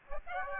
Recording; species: mosquito wingbeat signal from an infrared sensor; Aedes aegypti